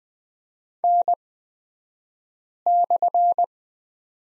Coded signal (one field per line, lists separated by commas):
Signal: Morse code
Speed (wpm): 20 wpm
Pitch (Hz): 700 Hz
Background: none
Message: N/